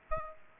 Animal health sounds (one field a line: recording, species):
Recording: mosquito wingbeat signal from an infrared sensor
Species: Aedes aegypti